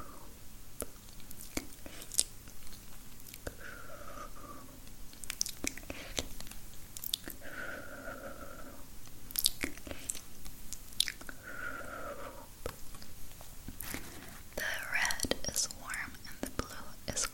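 Wet mouth sounds and soft clicks from a spit-painting session, with sharp tapping and crunchy chewing-like snaps scattered throughout. Three drawn-out whispered or murmured vowel-like sounds appear around 4, 8 and 12 seconds. A low steady hum runs underneath.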